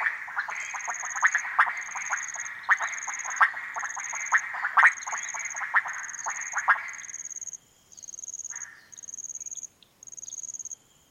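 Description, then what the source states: Frogs croaking in a dense rattling chorus for most, then falling silent, while a high pulsed insect buzz carries on in regular bursts. Frogs gathered at small ponds and puddles in humid Harenna Forest cloud forest, calling day and night; overcast, hot, muggy afternoon; 23 September 2018; recorded on Sony PCM D100.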